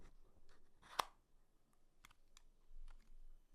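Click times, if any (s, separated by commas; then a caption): 1.0 s, 2.1 s, 2.4 s. An interchangeable plastic top shell is pressed onto a gaming mouse body until it clips into place. A sharp plastic click is heard at 1.0 s, followed by two fainter clicks at 2.1 s and 2.4 s against quiet background rustling. The shell is seated.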